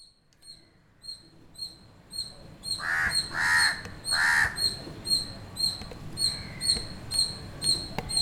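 Bird calls: three harsh, hoarse caws midway through, set against a faint high-pitched tone that pulses steadily about twice a second.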